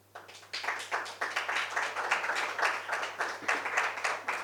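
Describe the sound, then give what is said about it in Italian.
An audience breaks into applause for the '48' history topic after a brief pause, a dense, crackling patter of many hands clapping that holds steady at moderate loudness until the end, with no voices on top. “Allora io comincerei con un applauso al 48.”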